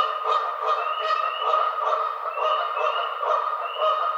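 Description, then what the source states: Canada goose honking, a dense, continuous run of nasal calls with short rising notes repeated rapidly. Recorded on 18 April 2009.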